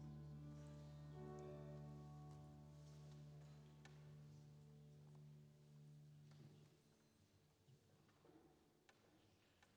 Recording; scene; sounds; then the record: everyday scene through a hearing-aid microphone; reverberant space; music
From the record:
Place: church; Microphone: in the ear canal, left